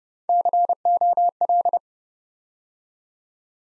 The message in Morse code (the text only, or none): COL